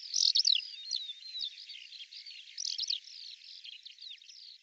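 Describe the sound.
Bird chattering in rapid, varied high twitters and slurred whistles, loudest at the start and again near the middle, with no other sounds.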